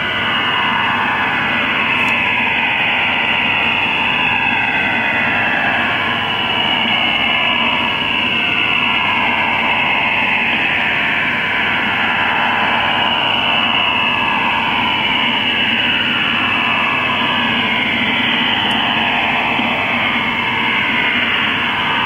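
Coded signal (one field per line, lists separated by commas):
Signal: HF data modem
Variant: STANAG 4285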